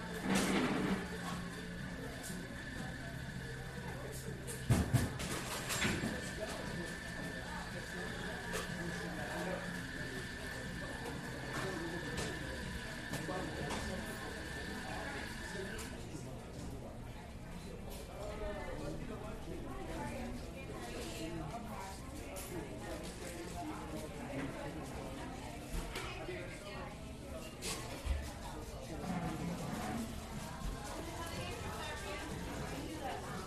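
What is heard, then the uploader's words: Coffee shop murmur of steady overlapping voices, with a sustained high whine for the first sixteen seconds and sharp clatters near five and twenty-eight seconds. This episode of the White Noise Podcast is A COFFEE SHOP.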